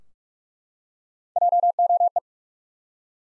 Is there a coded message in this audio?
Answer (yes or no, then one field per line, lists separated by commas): yes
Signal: Morse code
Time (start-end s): 1.4-2.2 s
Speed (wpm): 41 wpm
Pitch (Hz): 700 Hz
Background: none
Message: JOE